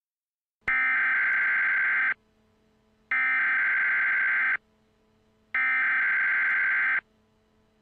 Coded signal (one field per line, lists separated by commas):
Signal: Emergency Alert System (SAME) tones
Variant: header bursts